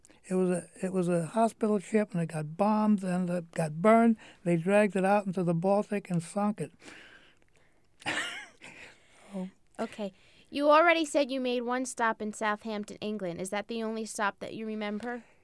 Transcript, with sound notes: it was a hospital ship and it got bombed and it got burned, they dragged it out into the Baltic and sunk it. (he laughs)
Okay. You already said you made one stop in Southampton, England. Is that the only stop that you remember?